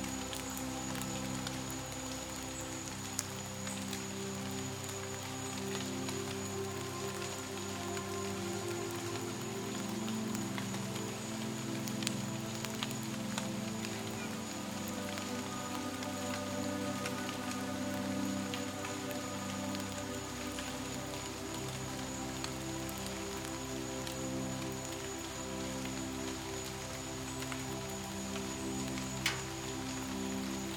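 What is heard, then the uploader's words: Soft, sustained violin notes loop gently over a steady patter of rain and dripping water in the woods. Scattered drops tick sharply throughout, and a thin, high, constant tone hangs above everything. The mix stays even and unchanging for the whole stretch. Rain In The Woods. Peaceful violins in a loop behind the sound of the woods right after a light rain.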